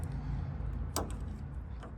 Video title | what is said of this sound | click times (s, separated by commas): CyberTruck Tail Gate Removal & Installation | Typically I like to go straight down and you hear it snap. | 1.0 s